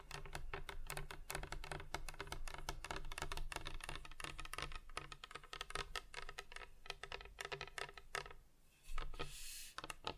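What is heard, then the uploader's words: Fingers tap rapidly and steadily on hard surfaces, a dense run of crisp clicks much like typing on a keyboard, with a faint low hum underneath. Near the end the tapping pauses, then a brief bright rustle or scrape sounds before light taps resume. ASMR Just Tapping (Different Surfaces No Talking).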